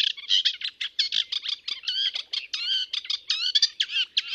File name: Rousserolle effarvatte